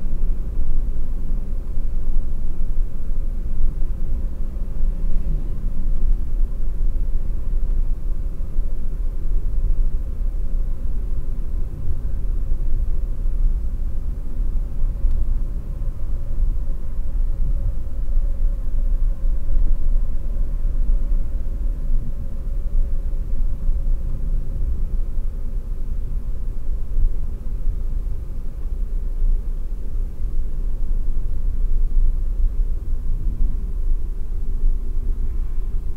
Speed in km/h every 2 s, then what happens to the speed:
49, 47, 46, 42, 38, 34, 36, 43, 47, 49, 49, 48, 48, 46, 45, 45, 44, 42.
0-9 slows to 34. 12-18 speeds up to 49. 18-36 steady at about 46.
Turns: none.